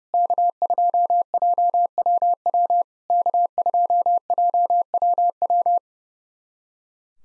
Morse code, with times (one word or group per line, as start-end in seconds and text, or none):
0.1-2.8 K2JWW
3.1-5.8 K2JWW